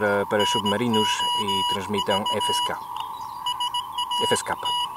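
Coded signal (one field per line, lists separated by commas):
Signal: Morse code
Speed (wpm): 18 wpm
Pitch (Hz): 2900 Hz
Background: speech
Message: NOV SAT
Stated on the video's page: Radiotelegraphy from the SAQ station at Grimeton, Sweden, transmitted with the world's only remaining Alexanderson alternator.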